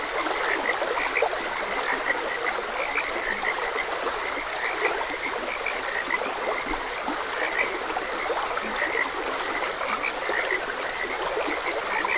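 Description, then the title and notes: Continuous frog chorus of quick overlapping croaks holding an even pitch, accompanied throughout by the broad rushing sound of running water. Frogs croaking beside a gentle stream. "Gentle Stream and Frogs Croaking. Sleep and Relaxation Podcast"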